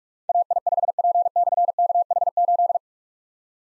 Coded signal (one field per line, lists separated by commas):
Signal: Morse code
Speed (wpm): 44 wpm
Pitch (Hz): 700 Hz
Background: none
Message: AI5P/KH8